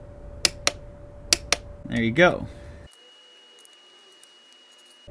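A 3/8 torque wrench with a 5 mm Allen head tightens the steel brake pad retaining pin in the rear brake caliper of a 2007 Yamaha FZ6 motorcycle to 12 ft-lbs. Sharp clicks sound as the wrench breaks over at the setting, at 0.4 s and 1.3 s, each followed by a fainter click. Someone then talks briefly before the sound drops to near silence.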